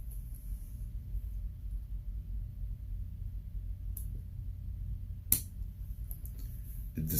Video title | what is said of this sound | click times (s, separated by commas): INVICTA BRACELET SWAP: Changing the Bracelet from Custom Back to Original | Falls right into place and it should click right in we're clicked we're good now | 5.3 s